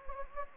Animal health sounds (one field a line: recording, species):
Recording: mosquito wingbeat signal from an infrared sensor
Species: Anopheles gambiae